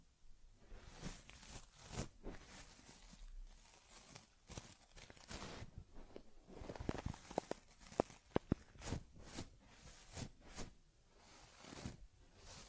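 Soft brushing and rubbing strokes on a teddy bear's fur, with scratchy swishes repeating roughly every half second to second. A few sharp clicks stand out around eight seconds, and the strokes stay quiet and fairly even throughout.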